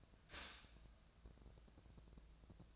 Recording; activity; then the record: daily activity, microphone in the room; stop toaster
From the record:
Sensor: 2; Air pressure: 1000.1 hPa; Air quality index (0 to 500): 143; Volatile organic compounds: 2 ppm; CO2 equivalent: 1216 ppm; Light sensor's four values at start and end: 26/65/28/30 and 26/65/28/30